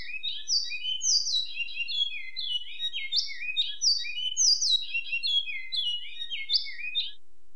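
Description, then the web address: Great-billed seed finch song, a long fluent run of clear whistled notes sliding downward, high and low phrases alternating continuously without pause. Song, labelled Rio Branco. "cantos riobranco"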